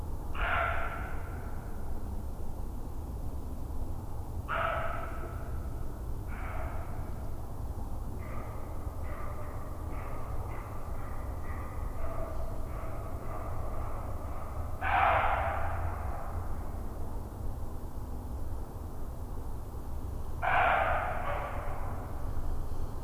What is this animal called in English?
Western Roe Deer